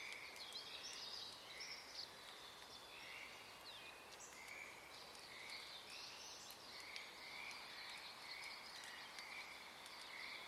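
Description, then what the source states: Pacific tree frog chorus, many overlapping short croaking calls in bursts that swell and fade, with steady background hiss. Wild chorus starting and stopping, field recording at Oaks Bottom Wildlife Refuge, Portland, Oregon, USA, Friday morning April 7 2023, unusual for that time of day.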